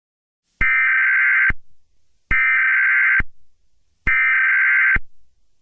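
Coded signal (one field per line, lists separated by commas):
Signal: Emergency Alert System (SAME) tones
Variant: header bursts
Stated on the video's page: Fictional EAS scenario; simulated alert tones, not a real activation.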